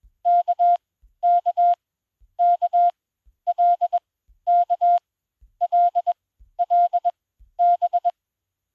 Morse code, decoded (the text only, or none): KKKLKLLB